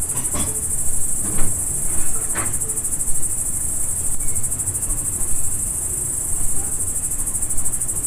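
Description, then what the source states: Crickets trill steadily in a high pulsing chorus while several sharp knocks sound early on and a low rumble continues underneath. Crickets at dusk, farm ambience in the Emmental.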